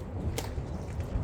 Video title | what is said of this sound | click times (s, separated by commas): BLACKED OUT RYKER FRONT FENDER LIGHTS INSTALLATION | You'll hear it pop. Don't worry, you didn't break nothing. It will be loud. | 0.4 s